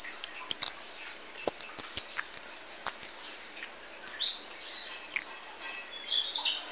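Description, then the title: Sunbird chirping: very high, thin, sharp notes in quick bursts, clustered phrases repeating about every second, with brief clicks; otherwise quiet background. "kicau kolibri"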